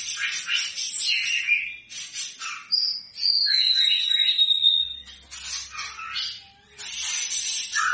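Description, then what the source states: White-rumped shama song of dense, rapid warbles and chattering notes, with a bright descending whistled phrase in the middle. Energetic, vigorous song used as a lure recording to provoke an immediate response.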